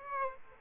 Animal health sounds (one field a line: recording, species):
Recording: mosquito wingbeat signal from an infrared sensor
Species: Aedes aegypti